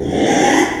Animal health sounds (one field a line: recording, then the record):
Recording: squeal of a Yucatan mini pig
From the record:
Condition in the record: after surgery on the right vocal fold (resection and tissue-engineered implant)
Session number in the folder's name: 3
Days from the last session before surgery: 33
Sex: male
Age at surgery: 12 weeks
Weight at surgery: 13 kg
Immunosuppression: cyclosporine, prednisolone